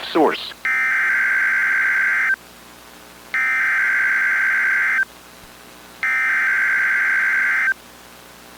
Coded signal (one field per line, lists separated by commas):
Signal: Emergency Alert System (SAME) tones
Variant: header bursts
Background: speech